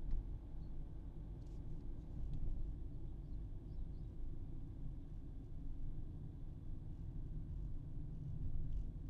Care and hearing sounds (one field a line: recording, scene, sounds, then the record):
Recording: everyday scene through a hearing-aid microphone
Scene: in a vehicle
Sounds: engine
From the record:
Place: Berlingo II, diesel engine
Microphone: in the ear canal, right